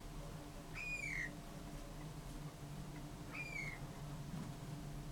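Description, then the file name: Eurasian bullfinch giving two soft, plaintive descending whistles roughly two and a half seconds apart, with constant low rumbling hum behind. "Pyrrhula pyrrhula"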